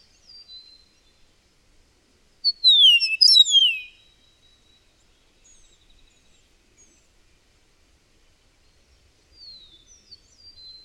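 Bird song: a brief rich phrase of rapid, tumbling high notes sliding downward, set between long quiet gaps with a few faint twitters.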